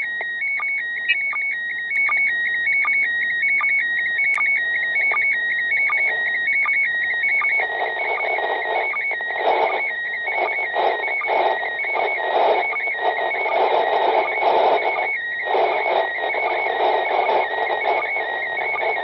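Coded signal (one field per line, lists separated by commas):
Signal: SSTV (slow-scan television)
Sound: warbling high tone hopping near 2 kHz with regular short blips, under hiss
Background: FM radio static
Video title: SSTV from the ISS on quadrifilar antenna + Baofeng UV-5R (145.8 MHz)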